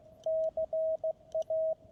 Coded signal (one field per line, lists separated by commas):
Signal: Morse code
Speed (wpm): 16 wpm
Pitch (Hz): 640 Hz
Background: radio noise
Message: CA